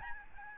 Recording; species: mosquito wingbeat signal from an infrared sensor; Aedes albopictus